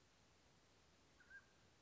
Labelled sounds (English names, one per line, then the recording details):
Mountain Quail
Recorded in Sonoma County, California